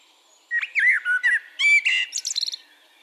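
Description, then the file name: Eurasian blackbird song: a half-second pause, then a run of mellow, slurred fluty notes ending in a rapid, thin, high twitter. "Turdus merula"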